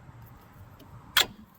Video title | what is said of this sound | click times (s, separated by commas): Why Your New Brake Pads Are Still Squeaking (And How to Fix It) | And we go right in. You're going to hear it pop. | 1.2 s